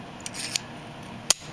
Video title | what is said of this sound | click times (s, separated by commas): How to rekey Olympus Lock 100, 200, 500 or 600 series deadbolt cabinet locks | a corresponding alignment lug inside the lock so that when you put this back together, it's going to click into place and not move on you, so | 1.3 s